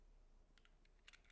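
During reassembly of a Rock Island STX 100 9mm pistol, the steel slide is pushed back onto the frame rails, and the single takedown bar goes down and springs back up to catch it. Against a quiet background a faint tick comes at about 0.6 s, then two sharp metallic clicks at 1.1 s and 1.2 s as the bar locks the slide in place. The slide is seated and back on.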